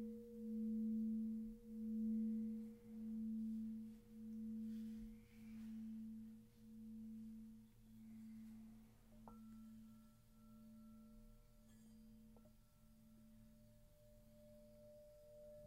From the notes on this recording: Chimes, Tongue Drum RainStick & Singing Bowls